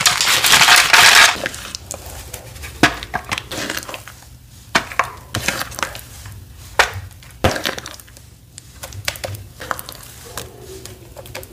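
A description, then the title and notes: Watermelon paste is being reformed into slabs, opening with a loud bright wet burst of squishing for the first second. After that come scattered sharp sticky clicks and squelches, irregular and a few per second, over a low steady hum. Reforming my watermelon paste into some watermelon slabs.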